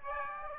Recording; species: mosquito wingbeat signal from an infrared sensor; Aedes aegypti